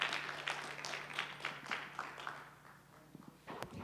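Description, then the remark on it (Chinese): A short burst of audience applause at a Christian church testimony meeting, welcoming the next woman to give her testimony: many hands clapping in a dense, irregular patter that is loudest at first and gradually thins out, with a few scattered claps near the end. “请他大家掌声。”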